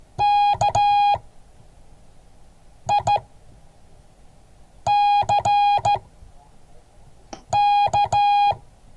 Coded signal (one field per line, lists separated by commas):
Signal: Morse code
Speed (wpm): 14 wpm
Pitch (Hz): 820 Hz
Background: none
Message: KICK